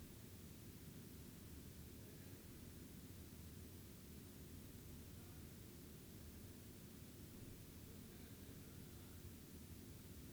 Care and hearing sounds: daily activity, guitar pickup as the sensor; lie down

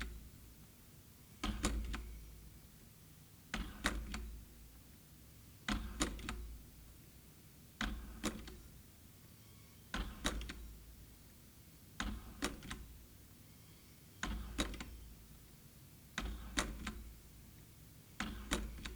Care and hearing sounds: daily activity, guitar pickup as the sensor; manipulate door

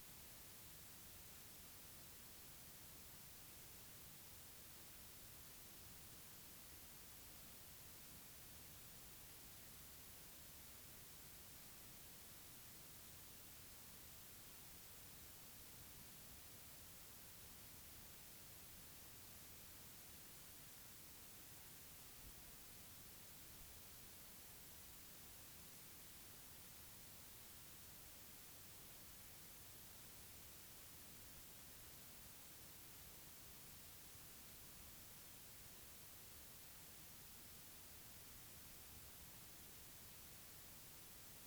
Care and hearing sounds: daily activity, guitar pickup as the sensor; lie down

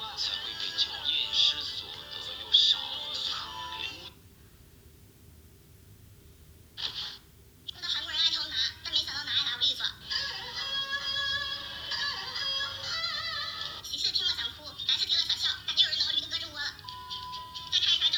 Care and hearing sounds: daily activity, guitar pickup as the sensor; browse video

